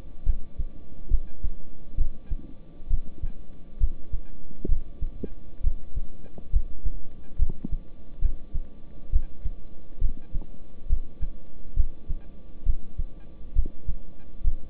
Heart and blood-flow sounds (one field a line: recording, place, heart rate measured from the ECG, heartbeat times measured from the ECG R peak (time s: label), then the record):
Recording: heart sounds by stethoscope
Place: between the tricuspid and mitral areas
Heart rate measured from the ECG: 68 bpm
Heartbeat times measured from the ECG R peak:
0.24 s: heartbeat
1.08 s: heartbeat
1.95 s: heartbeat
2.88 s: heartbeat
3.78 s: heartbeat
4.66 s: heartbeat
5.61 s: heartbeat
6.50 s: heartbeat
7.37 s: heartbeat
8.19 s: heartbeat
9.10 s: heartbeat
9.99 s: heartbeat
10.87 s: heartbeat
11.74 s: heartbeat
12.64 s: heartbeat
13.53 s: heartbeat
14.42 s: heartbeat
From the record:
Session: rest, lying down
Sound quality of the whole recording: good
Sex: male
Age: 26 years